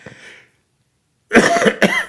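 A faint breathy sound, then a pause of about a second, followed by two loud, harsh cough bursts in quick succession from an adult man. It is a difficult, strained cough, heard indoors with no other background sound.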